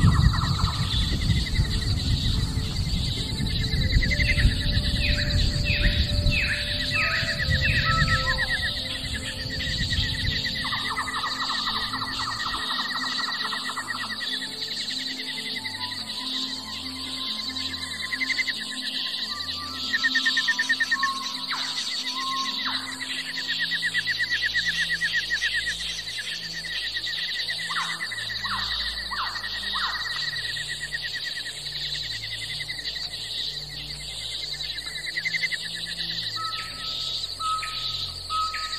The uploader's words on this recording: Beautiful tropical rainforest sounds.